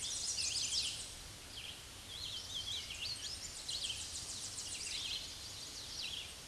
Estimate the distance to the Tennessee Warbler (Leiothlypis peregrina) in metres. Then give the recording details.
about 35 m. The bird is about 15 m above the microphone. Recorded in a Pennsylvania forest on 16 May 2024 at 06:36. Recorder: AudioMoth, point MSD-2040. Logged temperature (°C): 15.3 °C. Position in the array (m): 68 m, 167 m